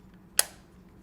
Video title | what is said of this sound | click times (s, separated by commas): Taking a part a "Twister" toy gun with your children - Toy VDO Clips | you can hear it snap and there's got to be some sort of spring in there that's storing the energy | 0.4 s